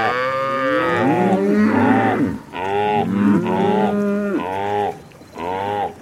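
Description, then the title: Cows mooing almost continuously, harmonic moos that swell and bend, with brief quieter pauses. "Eco-Moo-tion: The Ecological Soundscape of Cow Conversations"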